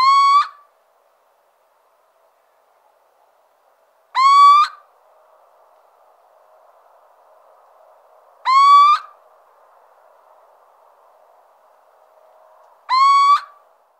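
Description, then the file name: Little owl repeating a mewing, gently rising hoot four times, roughly every four seconds, each note short and even, over a faint background hiss. "Cheveche-d Athena"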